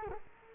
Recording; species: mosquito wingbeat signal from an infrared sensor; Culex quinquefasciatus